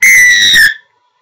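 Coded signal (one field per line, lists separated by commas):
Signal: whistle signal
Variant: rugby referee whistle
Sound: one loud, long, shrill referee whistle blast, dipping slightly in pitch at the end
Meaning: A long loud whistle awards a try or penalty try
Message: 1 long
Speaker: you award a try and a penalty try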